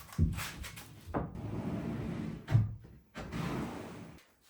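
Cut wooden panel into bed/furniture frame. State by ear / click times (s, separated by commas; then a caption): not seated / none. A freshly cut wooden panel is tried in the spot in a bed or furniture frame it was cut for, giving a few small knocks and scraping thuds. It does not go in, and nothing has seated or clicked yet.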